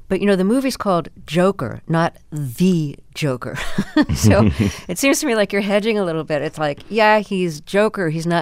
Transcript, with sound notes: But, you know, the movie's called "Joker," not the Joker.
(LAUGHTER)
So it seems to me like you're hedging a little bit. It's like, yeah, he's Joker;